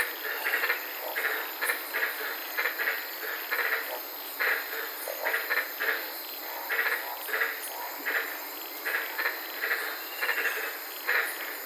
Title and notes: White Lipped Frog Podcast. I was sitting in my car in the Daintree rainforest in Queensland this night and fell asleep listening to these amazing White lipped frogs